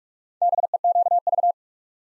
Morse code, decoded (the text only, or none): BEQV